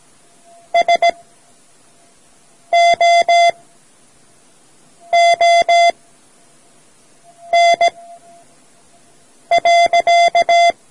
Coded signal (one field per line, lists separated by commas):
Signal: Morse code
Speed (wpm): 17 wpm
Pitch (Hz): 690 Hz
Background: none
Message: SOON.